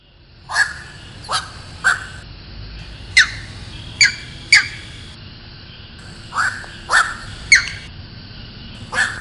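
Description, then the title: Grey heron uttering about ten rasping, squawking calls at irregular intervals, with a high whine behind them. Recorded at Baiyangdian; local nickname 'long-necked old waiter'. "家住白洋淀——我的观鸟笔记 “长脖子老等”苍鹭"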